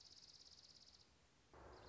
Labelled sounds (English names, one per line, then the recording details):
Dark-eyed Junco
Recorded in Sonoma County, California